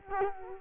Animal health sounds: mosquito wingbeat signal from an infrared sensor; Culex quinquefasciatus

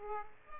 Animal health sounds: mosquito wingbeat signal from an infrared sensor; Aedes aegypti

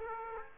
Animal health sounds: mosquito wingbeat signal from an infrared sensor; Aedes aegypti

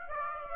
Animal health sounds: mosquito wingbeat signal from an infrared sensor; Aedes aegypti

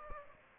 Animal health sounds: mosquito wingbeat signal from an infrared sensor; Aedes aegypti

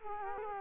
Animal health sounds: mosquito wingbeat signal from an infrared sensor; Culex quinquefasciatus

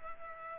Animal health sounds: mosquito wingbeat signal from an infrared sensor; Culex pipiens

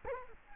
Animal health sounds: mosquito wingbeat signal from an infrared sensor; Culex quinquefasciatus

